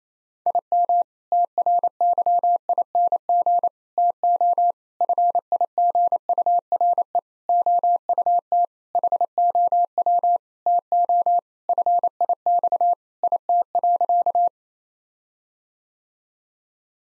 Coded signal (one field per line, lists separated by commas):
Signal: Morse code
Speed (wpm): 28 wpm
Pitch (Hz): 700 Hz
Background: none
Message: IM TRYING TO FIGURE OUT HOW TO FIX IT.